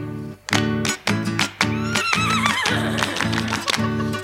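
horse neighing

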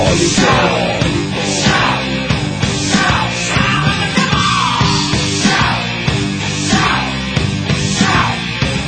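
people shouting

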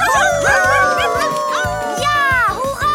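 dogs barking excitedly

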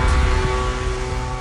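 leaf blower running

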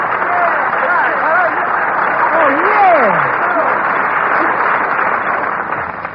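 studio audience applause

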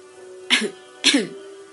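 violent coughing fit

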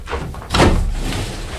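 drawer being opened

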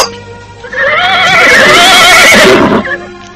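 horse neighing

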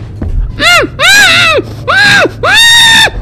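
scream

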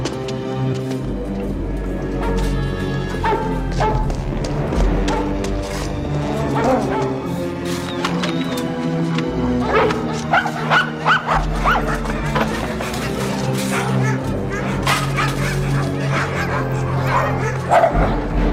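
dogs barking

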